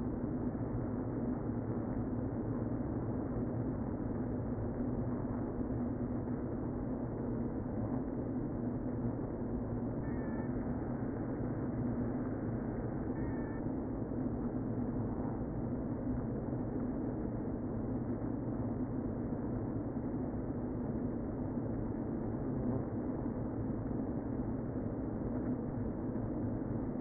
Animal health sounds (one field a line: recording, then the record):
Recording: honeybee colony, microphone inside the hive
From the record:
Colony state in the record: queen present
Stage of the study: before two queens were removed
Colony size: about 60,000 bees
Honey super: yes